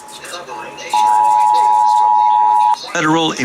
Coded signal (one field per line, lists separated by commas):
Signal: Emergency Alert System (SAME) tones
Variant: 853 and 960 Hz attention tone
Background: speech, music